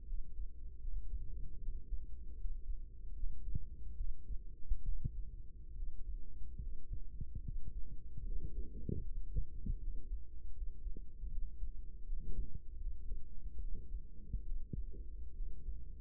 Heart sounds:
heart sounds by microphone in the right ear; 75 bpm
0.04 s: heartbeat
0.78 s: heartbeat
1.58 s: heartbeat
2.35 s: heartbeat
3.13 s: heartbeat
3.94 s: heartbeat
4.82 s: heartbeat
5.73 s: heartbeat
6.58 s: heartbeat
7.41 s: heartbeat
8.22 s: heartbeat
9.01 s: heartbeat
9.78 s: heartbeat
10.52 s: heartbeat
11.28 s: heartbeat
12.03 s: heartbeat
12.76 s: heartbeat
13.58 s: heartbeat
14.42 s: heartbeat
15.32 s: heartbeat
From the record:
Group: healthy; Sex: male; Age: 35 years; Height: 178 cm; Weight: 64 kg

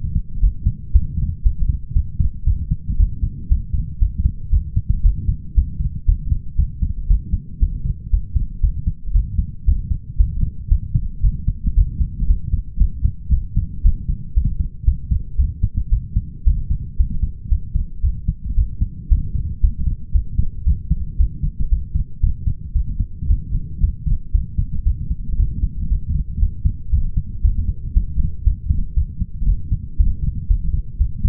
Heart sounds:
heart sounds by stethoscope; 116 bpm
0.41 s: heartbeat
0.93 s: heartbeat
1.43 s: heartbeat
1.94 s: heartbeat
2.45 s: heartbeat
2.98 s: heartbeat
3.49 s: heartbeat
4.00 s: heartbeat
4.51 s: heartbeat
5.03 s: heartbeat
5.55 s: heartbeat
6.06 s: heartbeat
6.57 s: heartbeat
7.08 s: heartbeat
7.60 s: heartbeat
8.11 s: heartbeat
8.61 s: heartbeat
9.13 s: heartbeat
9.66 s: heartbeat
10.18 s: heartbeat
10.69 s: heartbeat
11.22 s: heartbeat
11.75 s: heartbeat
12.28 s: heartbeat
12.79 s: heartbeat
13.31 s: heartbeat
13.83 s: heartbeat
14.35 s: heartbeat
14.86 s: heartbeat
15.37 s: heartbeat
15.90 s: heartbeat
16.45 s: heartbeat
16.98 s: heartbeat
17.50 s: heartbeat
18.02 s: heartbeat
18.56 s: heartbeat
19.09 s: heartbeat
19.61 s: heartbeat
20.13 s: heartbeat
20.65 s: heartbeat
21.18 s: heartbeat
21.70 s: heartbeat
22.21 s: heartbeat
22.74 s: heartbeat
23.28 s: heartbeat
23.81 s: heartbeat
24.32 s: heartbeat
24.84 s: heartbeat
25.37 s: heartbeat
25.89 s: heartbeat
26.40 s: heartbeat
26.91 s: heartbeat
27.43 s: heartbeat
27.94 s: heartbeat
28.45 s: heartbeat
28.95 s: heartbeat
29.46 s: heartbeat
29.98 s: heartbeat
30.48 s: heartbeat
30.98 s: heartbeat
From the record:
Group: healthy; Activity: light exercise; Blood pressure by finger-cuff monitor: 135/66 mmHg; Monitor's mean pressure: 86 mmHg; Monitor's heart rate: 116 bpm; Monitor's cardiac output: 9.2 L/min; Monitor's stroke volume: 79 mL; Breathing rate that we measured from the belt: 27 breaths a minute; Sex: male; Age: 22 years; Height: 181 cm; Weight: 60 kg

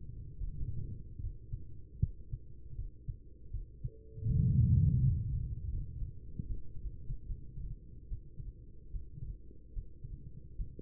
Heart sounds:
heart sounds by stethoscope; 77 bpm
0.37 s: heartbeat
1.20 s: heartbeat
1.99 s: heartbeat
2.75 s: heartbeat
3.51 s: heartbeat
4.26 s: heartbeat
4.99 s: heartbeat
5.69 s: heartbeat
6.45 s: heartbeat
7.25 s: heartbeat
8.07 s: heartbeat
8.90 s: heartbeat
9.73 s: heartbeat
10.55 s: heartbeat
From the record:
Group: healthy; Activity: rest 0-6 s, Valsalva maneuver 6-11 s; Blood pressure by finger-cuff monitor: 105/77 mmHg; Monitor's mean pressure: 88 mmHg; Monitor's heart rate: 79 bpm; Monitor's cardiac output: 5.4 L/min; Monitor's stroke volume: 68 mL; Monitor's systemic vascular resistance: 1150 dyn s/cm5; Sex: female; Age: 43 years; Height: 160 cm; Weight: 90 kg

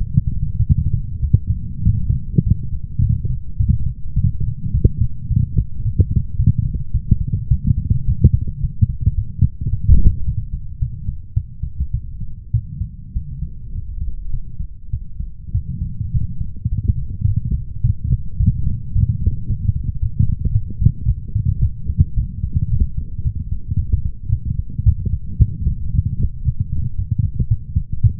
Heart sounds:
heart sounds by stethoscope; 107 bpm
0.57 s: heartbeat
1.21 s: heartbeat
1.83 s: heartbeat
2.44 s: heartbeat
3.01 s: heartbeat
3.57 s: heartbeat
4.14 s: heartbeat
4.72 s: heartbeat
5.28 s: heartbeat
5.83 s: heartbeat
6.37 s: heartbeat
6.92 s: heartbeat
7.49 s: heartbeat
8.06 s: heartbeat
8.61 s: heartbeat
9.15 s: heartbeat
9.70 s: heartbeat
10.25 s: heartbeat
10.80 s: heartbeat
11.34 s: heartbeat
11.92 s: heartbeat
12.52 s: heartbeat
13.14 s: heartbeat
13.73 s: heartbeat
14.31 s: heartbeat
14.91 s: heartbeat
15.52 s: heartbeat
16.12 s: heartbeat
16.70 s: heartbeat
17.26 s: heartbeat
17.82 s: heartbeat
18.38 s: heartbeat
18.93 s: heartbeat
19.47 s: heartbeat
20.00 s: heartbeat
20.53 s: heartbeat
21.06 s: heartbeat
21.60 s: heartbeat
22.15 s: heartbeat
22.70 s: heartbeat
23.23 s: heartbeat
23.76 s: heartbeat
24.30 s: heartbeat
24.84 s: heartbeat
25.38 s: heartbeat
25.92 s: heartbeat
26.44 s: heartbeat
26.96 s: heartbeat
27.49 s: heartbeat
28.02 s: heartbeat
From the record:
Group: healthy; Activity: light exercise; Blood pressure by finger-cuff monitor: 118/69 mmHg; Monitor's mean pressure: 85 mmHg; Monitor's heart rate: 107 bpm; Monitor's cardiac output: 8.5 L/min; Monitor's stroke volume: 77 mL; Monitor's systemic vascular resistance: 690 dyn s/cm5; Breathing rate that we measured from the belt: 20 breaths a minute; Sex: female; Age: 24 years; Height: 163 cm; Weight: 55.7 kg

